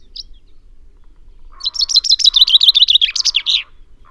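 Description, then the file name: Common chaffinch delivering one bright, rapid trill that tumbles downward into a flourish, over a lower buzzy sound. "Fringilla coelebs"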